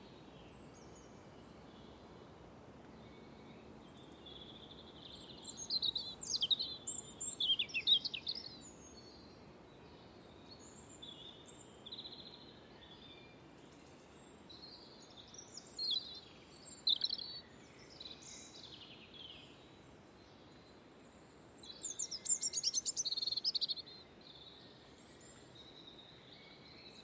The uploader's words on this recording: Dawn Chorus at OmVed Gardens. We invited sound artists Chris Watson and Pascal Wyse to create this piece from dawn chorus in Highgate Bowl. Recorded between 4am and 7am.